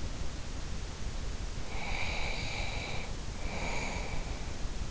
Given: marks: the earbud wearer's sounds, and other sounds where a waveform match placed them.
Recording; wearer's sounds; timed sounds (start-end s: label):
sounds in sleep by an in-ear microphone; breath
1.70-4.39 s: breath